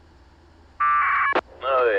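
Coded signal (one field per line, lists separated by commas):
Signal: packet radio (AX.25, as in APRS)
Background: speech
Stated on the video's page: 2-meter FM radio operations from an aircraft flying at 9,500 feet around Mount Rainier.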